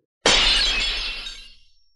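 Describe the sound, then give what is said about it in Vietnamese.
A round golden glass mirror hanging in midair shatters and falls to the ground in one sudden, loud, bright crash. The sharp high splintering decays over about a second and a half, with faint tinkling trailing off. No voices. “Chỉ nghe một tiếng vang lên thanh thúy, kính tròn vỡ vụn ra, mất hết linh quang mà rơi xuống đất.”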